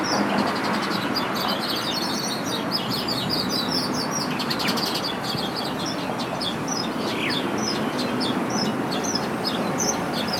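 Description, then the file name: Birds twittering continuously in bright, high chirps that come in dense runs throughout, with constant traffic rumble behind them. Recorded beside a road in Beijing on Valentine's Day. "song of birds on Valentines day by the road in beijing"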